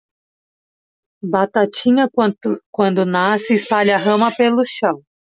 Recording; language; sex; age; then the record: short text; Brazilian Portuguese; female; 40 to 49 years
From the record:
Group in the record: control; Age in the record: 43 years